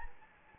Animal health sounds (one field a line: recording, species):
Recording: mosquito wingbeat signal from an infrared sensor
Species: Anopheles gambiae